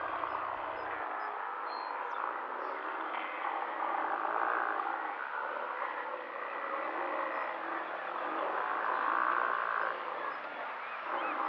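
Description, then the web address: Steller sea lions giving a continuous chorus of hoarse, overlapping growls and bellows, harsh and throaty throughout, with no clear pauses. Western North America. "Dan Gibson Wildlife Identification By Sound, Western North America. Steller's Sea Lion"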